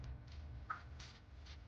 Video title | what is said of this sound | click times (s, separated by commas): 🔥 Insta360 X2 Unboxing & First Look! 📸 #insta360x2 #360camera #unboxing #techreview #chennai 🔥 | இந்த பக்கம் மட்டும் சரியா லாக் ஆகல. | 0.7 s